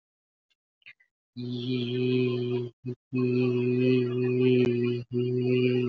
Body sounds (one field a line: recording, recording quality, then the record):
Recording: sustained vowel as in beet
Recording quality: excellent, no background noise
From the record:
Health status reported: healthy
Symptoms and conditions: none ticked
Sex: male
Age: 28 years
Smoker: not ticked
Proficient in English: yes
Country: India